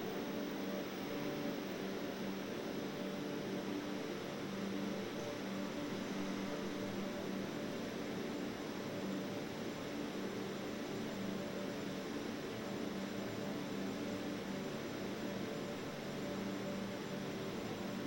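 A blended room tone runs unchanged for the whole stretch, a dense, even wash of hiss and low hum with no distinct events. Steady tonal bands sit in the low and middle range, giving it a faint mechanical, fan-like drone beneath the airy noise.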